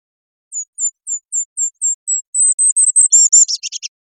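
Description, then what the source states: Golden-crowned kinglet giving very high, thin notes that repeat evenly, then speed up and drop into a lower, jumbled chatter at the end. Recorded 3 November 2005.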